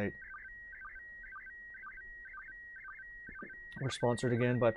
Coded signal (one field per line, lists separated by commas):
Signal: SSTV (slow-scan television)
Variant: PD 120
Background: speech